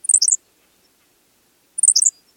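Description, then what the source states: Henslow's Sparrow song: two brief, very high, abrupt hiccuping bursts, each under half a second, separated by silence. Sings its abrupt song from a perch at dawn, in spring on tallgrass prairie.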